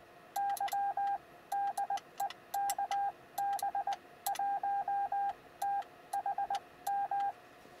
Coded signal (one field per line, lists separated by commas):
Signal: Morse code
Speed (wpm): 20 wpm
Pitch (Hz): 800 Hz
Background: none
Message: YDE KB1THM